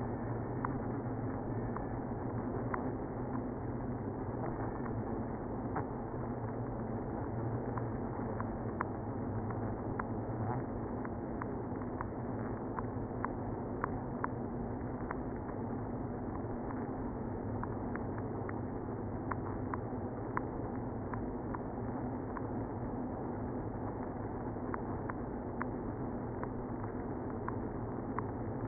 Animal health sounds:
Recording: honeybee colony, microphone inside the hive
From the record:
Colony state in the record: queenless (queen removed)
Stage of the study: after two queens were removed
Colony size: about 60,000 bees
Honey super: yes

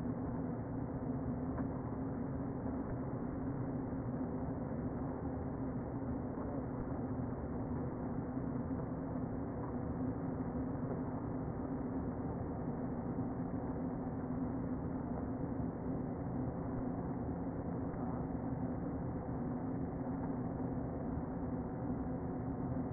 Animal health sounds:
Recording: honeybee colony, microphone inside the hive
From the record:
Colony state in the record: queen present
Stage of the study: before two queens were removed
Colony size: about 60,000 bees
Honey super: yes

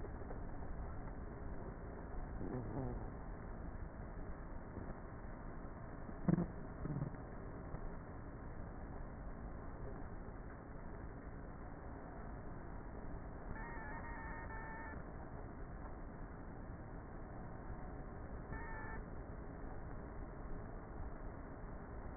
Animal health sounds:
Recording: honeybee colony, microphone inside the hive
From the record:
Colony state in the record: queenless with a low population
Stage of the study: before two queens were removed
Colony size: about 30,000 bees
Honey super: no

